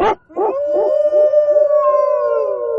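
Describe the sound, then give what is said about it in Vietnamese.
A wolf howl that sounds much like a dog: a few short, choppy yelps rise into one long, sustained, steady-pitched howl, loud and clear with no voices over it. “Ban đầu nghe tiếng ngao sói hệt như tiếng chó, nhưng lại kèm theo tiếng chu kéo dài, nghe rất thảm thiết.”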